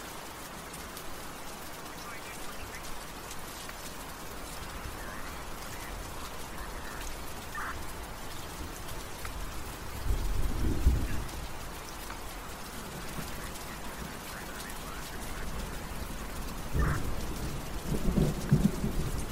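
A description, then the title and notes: Steady rain falls over a night city, a dense, even hiss with scattered drips and taps. Deep rumbles swell around ten seconds and again near seventeen, like thunder or heavy traffic rolling past. A faint tonal hum sits underneath throughout. Gotham city ambience | night city | rain sounds.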